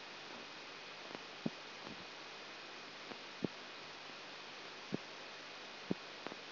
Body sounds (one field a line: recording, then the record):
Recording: brain microelectrode recording played as sound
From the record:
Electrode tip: outside the subthalamic nucleus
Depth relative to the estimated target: -6 mm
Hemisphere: right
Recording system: AlphaMap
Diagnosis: Parkinson's disease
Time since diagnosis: 19 years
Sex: male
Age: 59 years